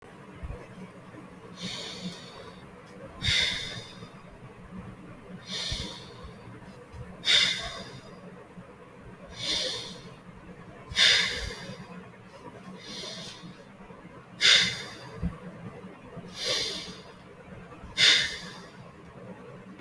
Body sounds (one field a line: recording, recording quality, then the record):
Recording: deep breathing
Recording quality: excellent, no background noise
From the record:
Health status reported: healthy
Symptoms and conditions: none ticked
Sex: male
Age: 24 years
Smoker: not ticked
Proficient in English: yes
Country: India